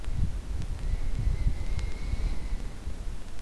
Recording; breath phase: one breath near a microphone; exhalation